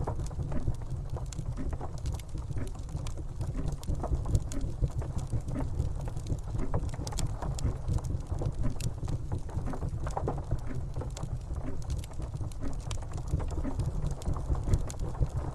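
A steady, dense rush of rain fills the background with a low rumble, while sharp regular clicks, like a clock ticking, sound.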